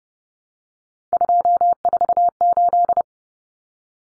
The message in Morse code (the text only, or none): 248